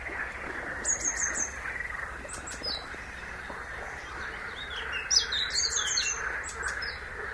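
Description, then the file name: Great tit calls: short groups of very high, sharp notes given in quick bursts, over a steady rushing background noise. "Parus major"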